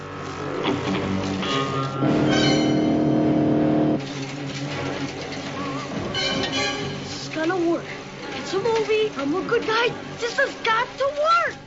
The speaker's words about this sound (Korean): 그때 정면에서 베네딕트의 자동차가 돌진해 옵니다.